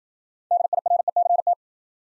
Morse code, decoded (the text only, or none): DIRECT